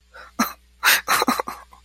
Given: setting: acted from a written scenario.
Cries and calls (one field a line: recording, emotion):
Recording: vocal sound without words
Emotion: sadness